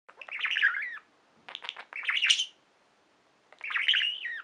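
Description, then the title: Budgerigar giving three bursts of scratchy chatter with bright whistled squeaks, separated by brief silences. "Budgie Sounds"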